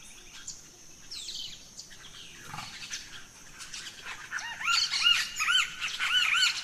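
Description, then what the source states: Birds calling at dawn, a falling whistle early on, then clear arched whistled notes repeated quickly in the last two seconds, over a soft high insect drone. Dawn chorus of rainforest birds, Gran Sabana, Venezuela.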